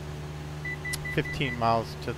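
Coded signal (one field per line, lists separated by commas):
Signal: none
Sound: flight simulator warning beeps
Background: speech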